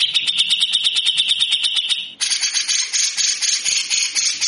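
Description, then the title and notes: Grey-cheeked bulbul gives a rapid buzzy trill, then switches to a harsher, broad hissing rasp for the rest. Masteran training song of a frequently singing (gacor) bird with long, coarse besetan (harsh rasping) passages. "MASTERAN CUCAK JENGGOT GACOR FULL BESETAN KASAR DURASI PANJANG. Burung cucak jenggot"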